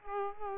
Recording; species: mosquito wingbeat signal from an infrared sensor; Culex pipiens